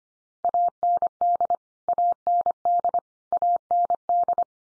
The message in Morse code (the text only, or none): AND AND AND